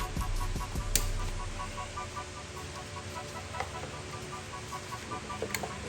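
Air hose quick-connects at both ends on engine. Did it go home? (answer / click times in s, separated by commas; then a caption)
yes / 1.0 s, 5.6 s. A second air hose is reconnected at both ends on the engine of a 2017 Chevy Sonic 1.8L after the valve cover is put back on. Its quick-connects click in at 1.0 s and 5.6 s over a low hum and quiet music. Both ends seat.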